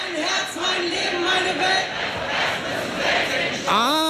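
A large concert crowd in front of a stage, before the show, chants loudly in unison, a dense, steady wall of many voices with rhythmic swells, rising into a drawn-out shout near the end.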